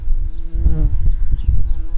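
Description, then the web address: Garden bumblebee buzzing, a deep steady droning hum with pulsing surges in loudness, continuous for the whole two seconds. Workers. "bumblebees Hortorum-workers"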